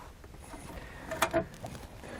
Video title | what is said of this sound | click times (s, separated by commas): Installation: Custom Third Brake Light Camera for 8" Factory Monitor on a 2015 Ford F-350 Super Duty | make sure you bring the lever all the way back until it locks into place | 1.2 s